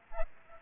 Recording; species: mosquito wingbeat signal from an infrared sensor; Aedes aegypti